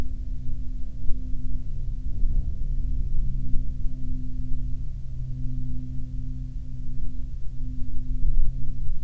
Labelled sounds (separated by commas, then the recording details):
aircraft
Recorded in the Prudhoe Bay oil fields, Alaska, on 19 July 2019 at 09:49
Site 19